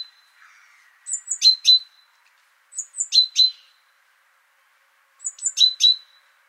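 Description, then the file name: Great tit calls: three short bursts, each a pair of very high thin notes followed by two sharp lower notes, with quiet background. "Parus major"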